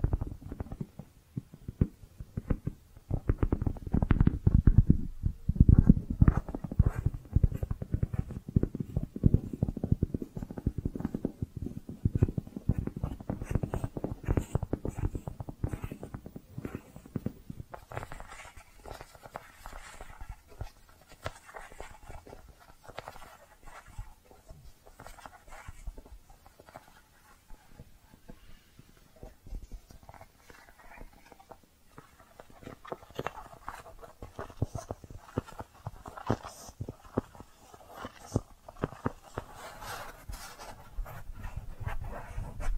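Dense, soft brushing strokes with squishy textures, heaviest and lowest for the first seventeen seconds, then lighter and thinner with occasional brighter scratches.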